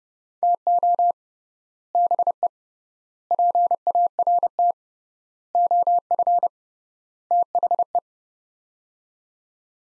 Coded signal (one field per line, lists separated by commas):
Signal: Morse code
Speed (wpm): 30 wpm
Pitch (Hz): 700 Hz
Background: none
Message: TO BE PART OF THE